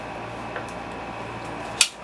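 During deck and wheel restoration on an old Toro Commercial walk-behind mower, a part, probably a tire or wheel component, is given a quick pull and fitted onto a mower wheel. Over a steady low background hum, it pops into place with one sharp, bright click at 1.8 s. The part is seated.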